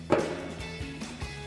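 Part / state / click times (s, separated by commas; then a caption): trailer wiring connector into rear bumper cutout / seated / 0.1 s. A factory trailer wiring connector for a 2009-2018 RAM 1500 is pressed up into the cutout of a new steel RAM Officially Licensed Extreme HD rear bumper resting on a table. At 0.1 s its two plastic tabs lock into place with a sharp click, followed by a few faint knocks. The connector is seated.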